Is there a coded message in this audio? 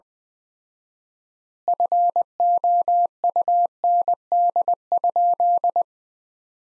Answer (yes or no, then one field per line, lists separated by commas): yes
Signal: Morse code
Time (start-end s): 1.7-5.8 s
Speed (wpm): 20 wpm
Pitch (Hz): 700 Hz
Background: none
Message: FOUND?